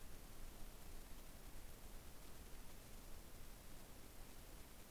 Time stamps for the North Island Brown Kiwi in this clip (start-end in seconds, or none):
none